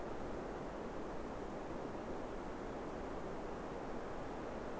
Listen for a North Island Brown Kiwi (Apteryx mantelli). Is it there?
no